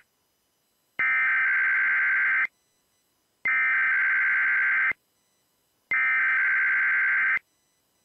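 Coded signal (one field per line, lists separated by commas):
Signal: Emergency Alert System (SAME) tones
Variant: header bursts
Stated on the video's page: EAS tones from Sunday morning tests.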